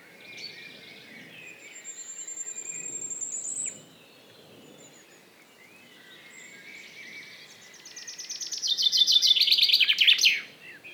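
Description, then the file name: Common chaffinch song arrives near the end as a loud descending trill with a final flourish, after quieter high thin whistles and soft bird notes earlier. "Fringilla coelebs"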